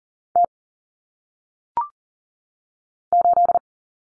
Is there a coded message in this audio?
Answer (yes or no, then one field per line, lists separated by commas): yes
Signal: Morse code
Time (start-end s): 0.4-3.6 s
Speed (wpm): 39 wpm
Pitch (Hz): 700 Hz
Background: none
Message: T 8